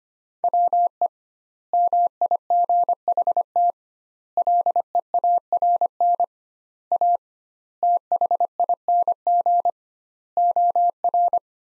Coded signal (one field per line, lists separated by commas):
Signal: Morse code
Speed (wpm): 25 wpm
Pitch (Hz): 700 Hz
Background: none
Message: WE MIGHT LEARN A THING OR